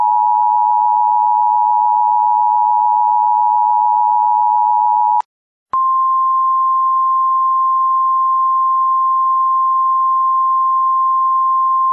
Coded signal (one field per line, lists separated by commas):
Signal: Emergency Alert System (SAME) tones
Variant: 853 and 960 Hz attention tone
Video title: EAS Scenario: Hell on Earth South Park Edition